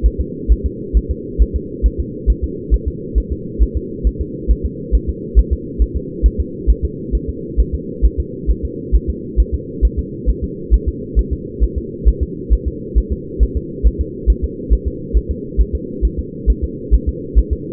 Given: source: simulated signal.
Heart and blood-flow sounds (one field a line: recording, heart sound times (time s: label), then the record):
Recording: fetal heart sounds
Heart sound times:
0.06 s: S1
0.20 s: S2
0.52 s: S1
0.66 s: S2
0.97 s: S1
1.11 s: S2
1.42 s: S1
1.56 s: S2
1.86 s: S1
2.00 s: S2
2.30 s: S1
2.44 s: S2
2.74 s: S1
2.88 s: S2
3.18 s: S1
3.32 s: S2
3.63 s: S1
3.77 s: S2
4.07 s: S1
4.21 s: S2
4.51 s: S1
4.66 s: S2
4.95 s: S1
5.09 s: S2
5.39 s: S1
5.53 s: S2
5.82 s: S1
5.97 s: S2
6.26 s: S1
6.40 s: S2
6.70 s: S1
6.85 s: S2
7.15 s: S1
7.29 s: S2
7.60 s: S1
7.75 s: S2
8.05 s: S1
8.20 s: S2
8.51 s: S1
8.65 s: S2
8.95 s: S1
9.10 s: S2
9.40 s: S1
9.54 s: S2
9.85 s: S1
9.99 s: S2
10.30 s: S1
10.44 s: S2
10.74 s: S1
10.88 s: S2
11.19 s: S1
11.33 s: S2
11.63 s: S1
11.78 s: S2
12.08 s: S1
12.23 s: S2
12.53 s: S1
12.68 s: S2
12.98 s: S1
13.12 s: S2
13.43 s: S1
13.57 s: S2
13.87 s: S1
14.01 s: S2
14.30 s: S1
14.44 s: S2
14.73 s: S1
14.88 s: S2
15.17 s: S1
15.31 s: S2
15.61 s: S1
15.75 s: S2
16.05 s: S1
16.19 s: S2
16.50 s: S1
16.64 s: S2
16.94 s: S1
17.09 s: S2
17.38 s: S1
17.53 s: S2
From the record:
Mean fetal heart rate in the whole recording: 135 bpm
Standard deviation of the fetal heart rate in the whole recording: 3 bpm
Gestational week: 34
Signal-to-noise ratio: -4.1 dB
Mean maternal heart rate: no maternal heart sound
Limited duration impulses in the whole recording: absent